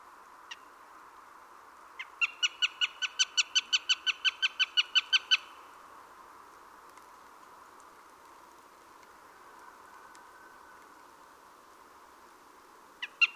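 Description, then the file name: Eurasian jay calls: a quick run of short harmonic notes lasting about three seconds, with a few isolated notes before and after in otherwise quiet background. "Garrulus glandarius"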